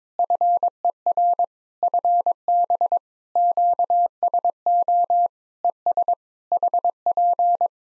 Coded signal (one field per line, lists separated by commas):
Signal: Morse code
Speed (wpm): 22 wpm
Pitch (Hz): 700 Hz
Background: none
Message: FER FB QSO ES HP